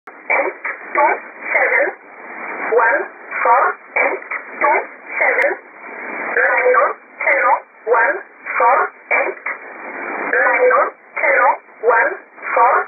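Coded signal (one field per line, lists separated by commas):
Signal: numbers station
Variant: E11 Oblique, English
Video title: 04 01 2018 Numbers station E11 Oblique in English to Eu 0652 on 7840 unknown tx site in USB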